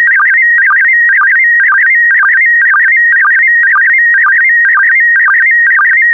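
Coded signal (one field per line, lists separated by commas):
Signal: SSTV (slow-scan television)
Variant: PD120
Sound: warbling, stepping tone with a short low sync blip about twice a second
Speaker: complete. You can now check your decoded image against the picture that is shown on the video.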